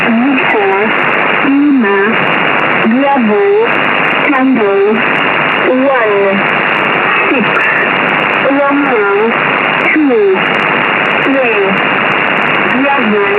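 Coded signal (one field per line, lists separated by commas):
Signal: numbers station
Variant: E10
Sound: a voice slowly reading letters and numbers, evenly spaced, over steady radio hiss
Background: radio static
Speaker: I'm now going to play you a clip of the number station at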